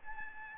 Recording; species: mosquito wingbeat signal from an infrared sensor; Aedes albopictus